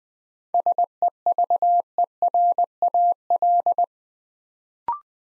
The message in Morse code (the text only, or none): SEVERAL